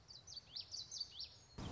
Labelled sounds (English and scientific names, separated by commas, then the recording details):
Common Yellowthroat (Geothlypis trichas)
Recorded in Sonoma County, California